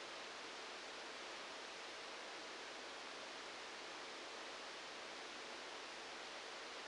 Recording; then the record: brain microelectrode recording played as sound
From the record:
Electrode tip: outside the subthalamic nucleus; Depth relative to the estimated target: -6 mm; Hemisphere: right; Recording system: NeuroSet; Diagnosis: Parkinson's disease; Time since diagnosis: 9 years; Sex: male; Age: 56 years